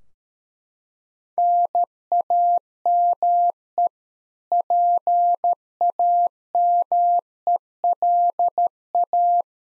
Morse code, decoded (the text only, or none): NAME PAMELA